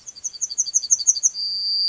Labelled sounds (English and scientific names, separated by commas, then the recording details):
Yellowhammer (Emberiza citrinella) song
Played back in grassland
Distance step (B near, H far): C
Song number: 120